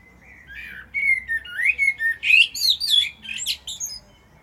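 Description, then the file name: Common blackbird song: a soft lead-in, then a run of rich rising and falling fluted notes topped with high, squeaky chirps. "Turdus merula"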